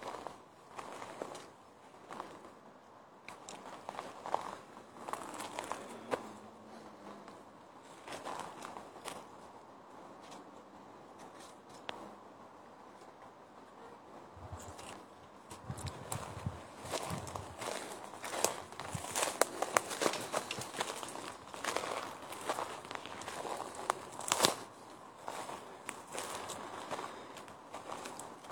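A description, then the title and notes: Footsteps walking through a forest in the Govind wildlife sanctuary, with irregular crunching steps that grow denser and louder after about 15 seconds. A steady hiss of outdoor background runs underneath, with occasional brief knocks and scrapes. Walking in the Govind wildlife sanctuary located at Uttarakhand in India. Located in the Uttarkashi district of Uttarakhand, India. Footage of my walk through the forest.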